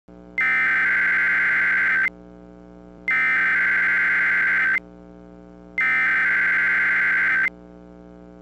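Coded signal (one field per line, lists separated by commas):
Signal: Emergency Alert System (SAME) tones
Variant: header bursts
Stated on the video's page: Remake of a 2001 East Central Ohio required monthly test; contains valid alert tones.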